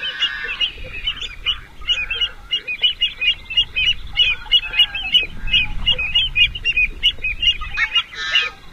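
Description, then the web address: American avocet calls: sharp, high, piping notes repeated rapidly in quick bursts, with a few lower, buzzier notes near the start and a faint low rumble beneath. "Songs of Birds of North America Know Your Bird Sounds. American Avocet"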